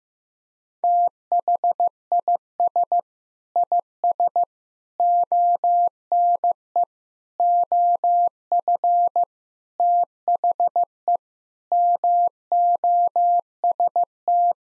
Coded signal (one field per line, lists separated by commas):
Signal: Morse code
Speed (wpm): 15 wpm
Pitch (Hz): 700 Hz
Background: none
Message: THIS IS ONE OF THE MOST